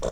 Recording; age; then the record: pig call; piglet (1 to 25 days)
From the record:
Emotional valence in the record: negative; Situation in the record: long isolation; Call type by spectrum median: low-frequency call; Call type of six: low-frequency tonal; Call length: 0.12 s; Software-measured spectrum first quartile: 201 Hz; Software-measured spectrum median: 517 Hz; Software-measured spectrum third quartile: 946 Hz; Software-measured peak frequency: 535 Hz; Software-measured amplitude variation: 155 dB a second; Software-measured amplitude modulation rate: 12.1 a second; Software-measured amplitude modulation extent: 12.8 dB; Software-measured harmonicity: 3.3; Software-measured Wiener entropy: -1.26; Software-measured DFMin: 582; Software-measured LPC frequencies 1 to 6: 552, 1091, 3532, 4128, 5497, 6054 Hz